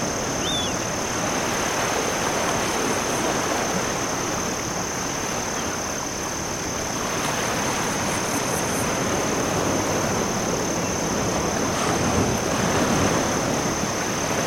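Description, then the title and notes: Cricket chirping forms a thin steady high hum above a broad wash of crashing waves, with faint clicky pulses now and then. Crickets chirping in dunes near the oceanside, with waves crashing onshore. "Oceanside Ambience. Ocean Waves, Crickets, Seagull Sounds. crickets chirp in nearby dunes"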